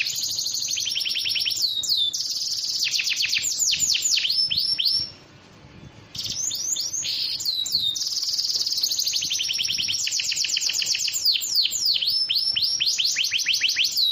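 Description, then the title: Bird song of rapid descending sweeps and high trills, breaking off around five seconds for a moment before the fast phrases return. Compilation ('masteran') of bird songs. "Masteran burung terlengkap"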